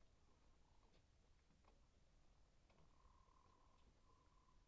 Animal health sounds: poultry house recording; healthy chickens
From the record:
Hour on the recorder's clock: 0

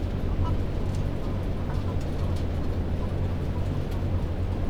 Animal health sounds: poultry house recording; healthy chickens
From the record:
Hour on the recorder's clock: 22

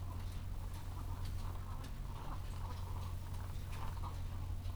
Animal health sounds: poultry house recording; sick chickens (respiratory disease)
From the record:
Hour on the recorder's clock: 13

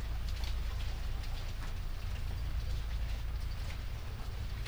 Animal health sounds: poultry house recording; sick chickens (respiratory disease)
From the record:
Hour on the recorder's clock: 21

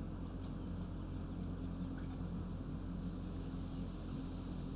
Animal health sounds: poultry house recording; healthy chickens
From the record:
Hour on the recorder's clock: 23

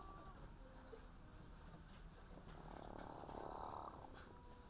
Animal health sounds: poultry house recording; sick chickens (respiratory disease)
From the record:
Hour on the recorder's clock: 15

